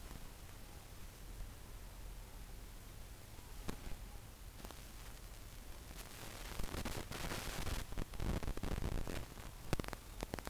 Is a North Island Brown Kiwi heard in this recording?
no